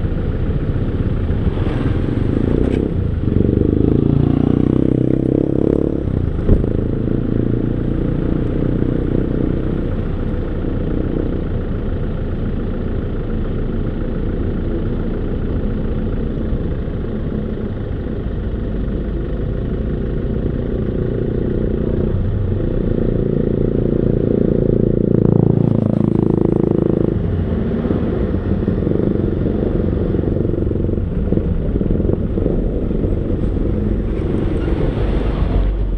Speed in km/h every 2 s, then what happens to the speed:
0, 0, 1, 0, 0, 0, 0, 0, 0, 2, 6, 9, 13, 18, 20, 18, 13, 11.
0-18 standing. 18-28 pulls away to 20. 28-33 slows to 11.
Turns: none.